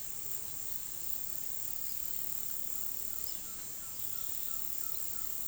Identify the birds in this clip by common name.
Green-backed Trogon